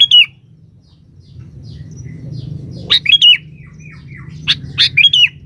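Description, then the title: Sooty-headed bulbul gives a few short, bright bubbly phrases, with soft chirps between and a low background rumble. "Kutilang"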